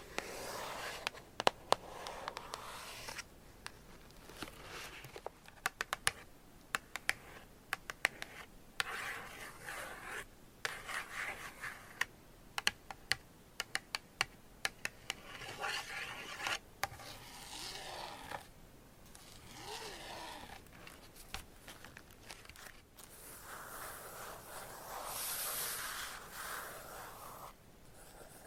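Gentle tapping and scratching runs for the whole clip. Sharp taps come in irregular bunches, some quick and some spaced out, over a soft, bright scratchy rustle. Around the middle and near the end, the scratching swells into longer hissing strokes.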